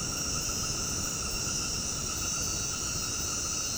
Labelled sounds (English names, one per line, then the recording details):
none
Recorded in dense forest near Puerto Asís, Putumayo, Colombia, on 19 February 2024 at 21:00
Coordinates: 0.486, -76.316
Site G6437